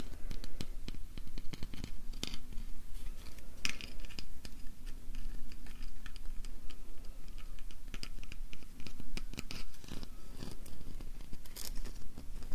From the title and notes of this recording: ASMR: Festive Decoration Sounds - Tapping, Crinkling.